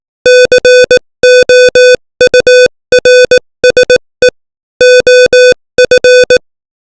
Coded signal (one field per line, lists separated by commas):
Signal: Morse code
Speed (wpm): 18 wpm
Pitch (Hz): 500 Hz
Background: none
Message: COURSE OF